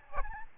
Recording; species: mosquito wingbeat signal from an infrared sensor; Aedes albopictus